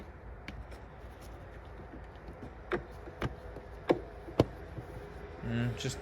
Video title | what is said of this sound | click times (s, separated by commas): Changing Rear Tail Lights and Cabin Air Filter on a Subaru Legacy. | Hearing all the good clicking noises, nothing breaking. | 0.5 s, 2.7 s, 3.2 s, 3.9 s, 4.4 s